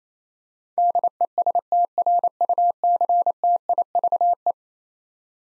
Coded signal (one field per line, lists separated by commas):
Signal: Morse code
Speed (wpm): 28 wpm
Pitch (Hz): 700 Hz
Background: none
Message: DESTRUCTIVE